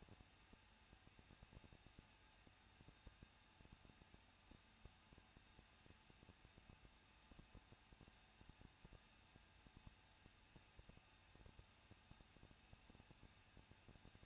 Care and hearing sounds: daily activity, microphone in the room; no activity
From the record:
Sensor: 2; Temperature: 21.0 degrees Celsius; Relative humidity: 37.3%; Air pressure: 1006.2 hPa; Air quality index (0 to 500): 221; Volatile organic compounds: 23 ppm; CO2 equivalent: 2795 ppm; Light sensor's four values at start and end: 2/3/2/2 and 2/3/2/2

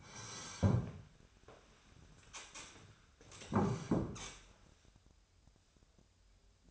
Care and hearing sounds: daily activity, microphone in the room; sit down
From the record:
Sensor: 2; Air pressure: 1015.1 hPa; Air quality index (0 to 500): 166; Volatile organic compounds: 9 ppm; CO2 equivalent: 2150 ppm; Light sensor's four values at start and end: 12/33/13/14 and 12/33/13/14

